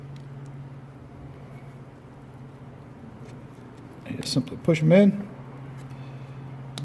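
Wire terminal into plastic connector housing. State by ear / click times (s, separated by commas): seated / 6.8 s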